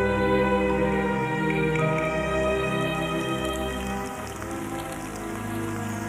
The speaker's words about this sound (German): Der Regen ist ganz warm, Lars.